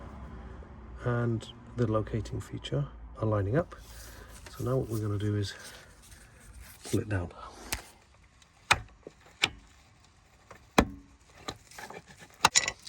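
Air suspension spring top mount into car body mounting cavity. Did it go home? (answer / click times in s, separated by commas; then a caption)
yes / 10.8 s. Someone talks while lining up the notch and locating feature of the rubber air spring bag on a BMW F11/F07 5 Series Touring/GT, then pulls the bag down so its plastic top mount goes into the car body mounting cavity. Several sharp knocks sound in the quieter second half, with the top mount clicking firmly into place at 10.8 s. The air spring top mount is seated.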